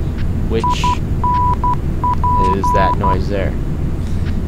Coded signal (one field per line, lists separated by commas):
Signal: Morse code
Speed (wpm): 12 wpm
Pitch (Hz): 990 Hz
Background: speech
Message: INP